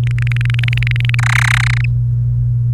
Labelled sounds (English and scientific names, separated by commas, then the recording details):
Domestic Canary (Serinus canaria) song
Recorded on 30 April 2018 at 07:30
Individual llb3